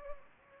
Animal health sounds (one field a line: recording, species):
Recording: mosquito wingbeat signal from an infrared sensor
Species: Anopheles gambiae